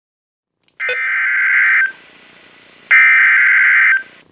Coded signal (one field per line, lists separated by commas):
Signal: Emergency Alert System (SAME) tones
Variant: header bursts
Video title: EAS #66 - Severe Thunderstorm Warning